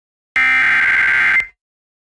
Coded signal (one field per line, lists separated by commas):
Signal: Emergency Alert System (SAME) tones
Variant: header bursts